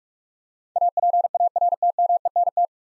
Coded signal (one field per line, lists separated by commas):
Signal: Morse code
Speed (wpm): 47 wpm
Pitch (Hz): 700 Hz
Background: none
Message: APARTMENT